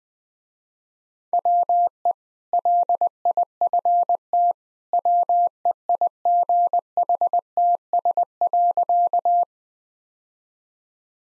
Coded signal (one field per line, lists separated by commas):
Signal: Morse code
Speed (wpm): 21 wpm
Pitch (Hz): 700 Hz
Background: none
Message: WE LIFT WEIGHTS.